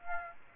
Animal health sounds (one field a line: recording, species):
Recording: mosquito wingbeat signal from an infrared sensor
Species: Aedes aegypti